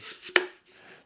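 A plastic dispenser handle is pushed onto the core of a mini cling film roll, wide-gap side first. Soft rustling leads to a sharp, short click at 0.4 s as it snaps into place, followed by a faint second tick at 0.6 s. The handle is seated on the roll.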